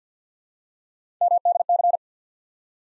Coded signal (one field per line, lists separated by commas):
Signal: Morse code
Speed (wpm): 48 wpm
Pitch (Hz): 700 Hz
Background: none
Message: MDC